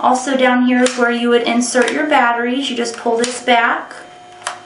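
Someone talks while pulling back the battery compartment cover at the bottom of the plastic grip of an Umarex Beretta 92 FS Electric 16 Round electric toy pistol (2274051). After the talking fades, a short sharp click at 4.5 s marks the cover clicking open so the batteries can go in.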